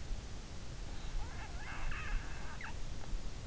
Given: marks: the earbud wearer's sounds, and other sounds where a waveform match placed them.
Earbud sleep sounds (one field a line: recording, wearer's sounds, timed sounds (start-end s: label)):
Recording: sounds in sleep by an in-ear microphone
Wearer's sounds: snoring breath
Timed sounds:
1.15-3.01 s: snoring breath